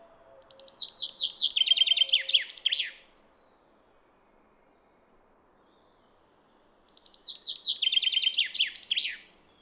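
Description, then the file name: Common chaffinch, two songs separated by quiet, each a bright tumbling series of falling notes with a flourish at the end. "Fringilla coelebs"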